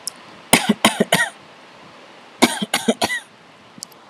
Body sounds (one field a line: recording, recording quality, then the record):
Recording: shallow voluntary cough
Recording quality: moderate, slight background noise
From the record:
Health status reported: exposed to COVID-19, no respiratory illness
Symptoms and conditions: none ticked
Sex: male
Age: 25 years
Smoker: yes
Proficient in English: yes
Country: India